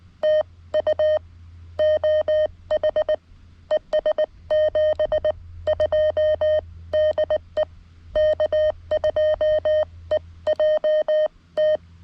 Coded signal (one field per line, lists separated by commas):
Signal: Morse code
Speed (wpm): 19 wpm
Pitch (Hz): 620 Hz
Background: none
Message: TU OH ES 72 DE K2EJT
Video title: CW POTA at K-5221 with my lightweight complete QRP field activation kit